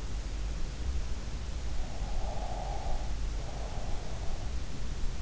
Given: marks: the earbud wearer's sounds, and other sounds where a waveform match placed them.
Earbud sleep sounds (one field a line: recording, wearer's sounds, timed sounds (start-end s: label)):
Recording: sounds in sleep by an in-ear microphone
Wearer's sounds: breath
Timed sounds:
2.16-4.15 s: breath